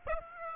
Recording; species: mosquito wingbeat signal from an infrared sensor; Aedes aegypti